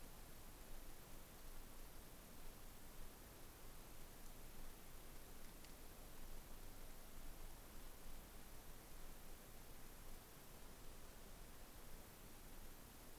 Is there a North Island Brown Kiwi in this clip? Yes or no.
no